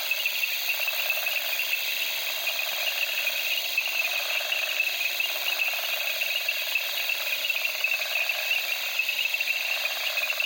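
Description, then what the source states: Crickets and frogs in a continuous night chorus, constant high-pitched trilling and buzzing layers. Recorded at night in reeds in the Okavango, Africa.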